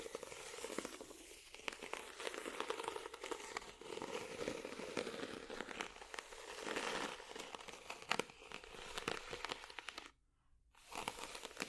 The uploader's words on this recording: ASMR Scratching Ridges For Tingles （No Talking）.